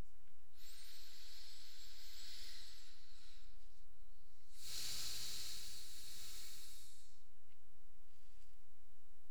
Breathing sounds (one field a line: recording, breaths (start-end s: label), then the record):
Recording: nose breathing near a microphone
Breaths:
0.00-0.29 s: exhalation
0.29-4.44 s: inhalation
4.44-7.39 s: exhalation
From the record:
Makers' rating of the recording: medium